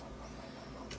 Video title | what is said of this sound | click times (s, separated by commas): How to paint and build it concurred the world | And, you know, actually, it snaps right in there pretty pretty nicely. | 0.9 s